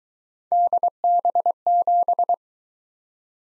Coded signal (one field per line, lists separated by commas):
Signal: Morse code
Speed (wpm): 22 wpm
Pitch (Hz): 700 Hz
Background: none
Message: DB7